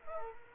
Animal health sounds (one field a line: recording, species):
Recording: mosquito wingbeat signal from an infrared sensor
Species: Culex quinquefasciatus